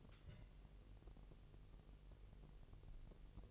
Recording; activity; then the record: daily activity, microphone in the room; take from stove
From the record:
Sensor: 4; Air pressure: 1002.8 hPa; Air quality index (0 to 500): 244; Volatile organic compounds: 11 ppm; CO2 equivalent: 2290 ppm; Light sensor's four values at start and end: 8/17/7/7 and 8/17/7/7